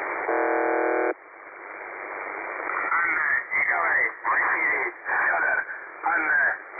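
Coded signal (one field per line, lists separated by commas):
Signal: numbers station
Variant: UVB-76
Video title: The Buzzer/UVB-76 Voice Message (December 3, 2020 11:04 UTC)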